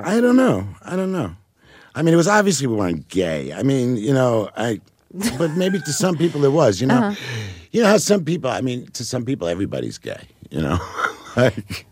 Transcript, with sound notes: I don't know. I mean, it was obvious we weren't gay. I mean, you know...
(Laughter).
But maybe to some people it was, you know? You know, how some people - I mean, to some people, everybody's gay, you know